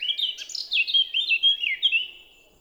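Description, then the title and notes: Eurasian blackcap song: a rich, fluting warble of rapid varied notes, fading at the close. Recorded 10 April 2020 at Champs des Blas, Val Maravel, after the dawn chorus; melodious song; stereo omni mic (Nagra LB, MKH20). "Fauvette à tête noire (Sylvia atricapilla). Champs des Blas - Val Maravel"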